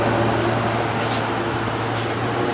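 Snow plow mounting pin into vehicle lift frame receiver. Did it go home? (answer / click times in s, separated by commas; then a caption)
no / none. A steel snow plow mounting pin is handled near the receiver on a truck's plow lift frame as the frame is tilted back. A steady low hum and broadband noise fill the clip with no distinct impacts. Nothing has seated or snapped in yet.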